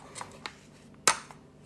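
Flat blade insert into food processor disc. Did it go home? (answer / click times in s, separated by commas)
yes / 1.1 s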